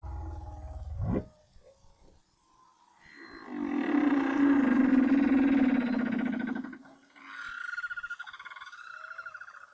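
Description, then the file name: Whale song: a quick rising sweep, then a long, loud, pulsing ratchet-like growl lasting about four seconds, followed by a higher buzzing tone. Recorded in 2011. "BRAHSS Whale Song"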